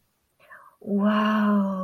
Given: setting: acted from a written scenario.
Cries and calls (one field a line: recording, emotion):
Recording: vocal sound without words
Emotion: awe